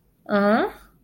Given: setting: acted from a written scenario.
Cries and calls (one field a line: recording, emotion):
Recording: vocal sound without words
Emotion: confusion